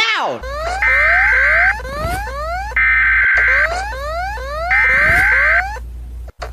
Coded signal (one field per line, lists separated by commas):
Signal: Emergency Alert System (SAME) tones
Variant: header bursts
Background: speech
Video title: Rating EVERY Country's EAS Alarm